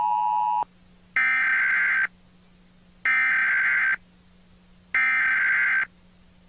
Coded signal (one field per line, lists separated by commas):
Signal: Emergency Alert System (SAME) tones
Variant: header bursts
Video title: 2011 National EAS Test during Radiohead's Scotch Mist (RARE)